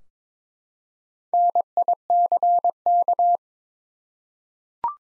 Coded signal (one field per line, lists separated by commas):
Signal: Morse code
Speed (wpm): 23 wpm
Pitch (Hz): 700 Hz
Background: none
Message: NICK